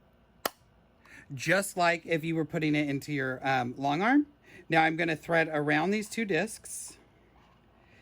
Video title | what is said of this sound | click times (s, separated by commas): Making a Thead Sample 1 Sew Sassy, So Fine 30 | click my bobbin into the gauge it clicks in you'll hear the click | 0.5 s